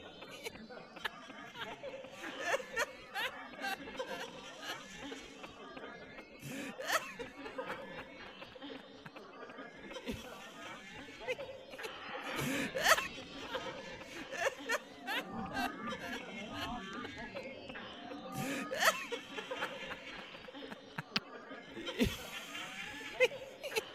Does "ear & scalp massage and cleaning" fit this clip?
no